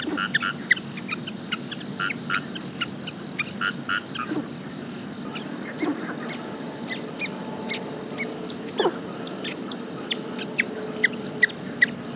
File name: Hylarana taipehensis